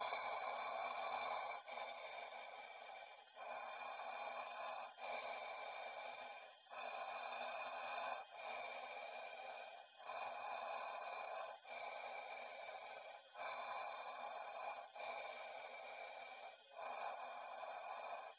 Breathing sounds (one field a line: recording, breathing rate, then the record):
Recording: paced breathing near a phone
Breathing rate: 18 breaths a minute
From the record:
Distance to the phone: 20 cm